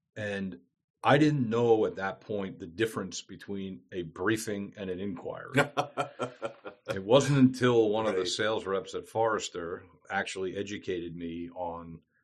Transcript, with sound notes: And I didn’t know at that point the difference between a briefing and an inquiry. *laughs* And it wasn’t until one of the sales reps at Forrester actually educated me on